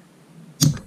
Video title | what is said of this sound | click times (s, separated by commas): Démontage SVD Dragunov TIGR pour l'entretient (7.62x54r) | hop nous avons entendu le clic donc là c'est bon là elle est verrouillée | 0.8 s